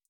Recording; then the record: hydrophone in a shrimp aquaculture tank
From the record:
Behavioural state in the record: feeding